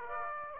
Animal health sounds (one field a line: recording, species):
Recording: mosquito wingbeat signal from an infrared sensor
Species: Aedes aegypti